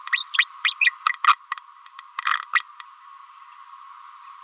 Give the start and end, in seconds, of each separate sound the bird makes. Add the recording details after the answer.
0.12-0.24, 0.38-0.46, 0.64-0.76, 0.80-0.92, 1.24-1.35, 2.53-2.63. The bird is a female. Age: 28 days. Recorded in a nest box in Venezuela. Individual 17B31A3